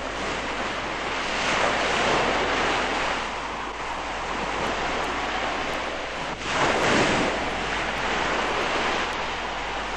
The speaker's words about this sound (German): Festhalten! Die Brecher kommen!